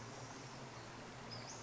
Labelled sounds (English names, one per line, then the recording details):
Western Flycatcher
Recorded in Sonoma County, California